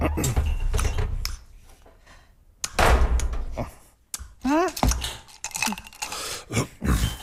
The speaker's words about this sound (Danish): Døren lukker.